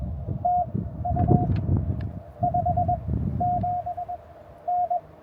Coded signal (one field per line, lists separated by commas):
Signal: Morse code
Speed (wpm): 21 wpm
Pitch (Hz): 710 Hz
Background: none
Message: TU 57N